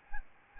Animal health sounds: mosquito wingbeat signal from an infrared sensor; Aedes albopictus

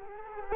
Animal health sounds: mosquito wingbeat signal from an infrared sensor; Culex quinquefasciatus

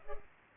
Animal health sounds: mosquito wingbeat signal from an infrared sensor; Culex pipiens

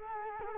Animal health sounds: mosquito wingbeat signal from an infrared sensor; Culex quinquefasciatus

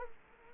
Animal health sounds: mosquito wingbeat signal from an infrared sensor; Culex quinquefasciatus

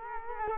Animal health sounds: mosquito wingbeat signal from an infrared sensor; Culex quinquefasciatus

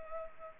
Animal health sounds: mosquito wingbeat signal from an infrared sensor; Culex pipiens

